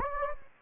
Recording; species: mosquito wingbeat signal from an infrared sensor; Anopheles gambiae